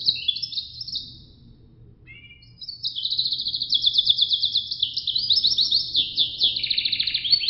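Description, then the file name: Canary trills briefly, pauses, then sings a long fast run of repeated high notes that ends in lower notes. "suara sangerxkenarirusia"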